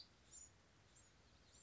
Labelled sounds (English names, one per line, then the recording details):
Bewick's Wren
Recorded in Sonoma County, California